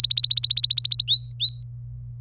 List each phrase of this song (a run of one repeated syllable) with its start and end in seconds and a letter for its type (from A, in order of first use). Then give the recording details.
0.00-1.02 A, 1.08-1.64 B, 2.20-2.21 C. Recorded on 27 April 2018 at 15:32. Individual llb3